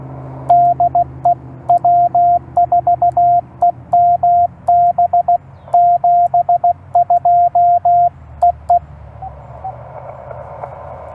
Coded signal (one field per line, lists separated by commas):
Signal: Morse code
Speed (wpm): 16 wpm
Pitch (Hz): 700 Hz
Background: radio noise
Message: DE W4EMB 72 EE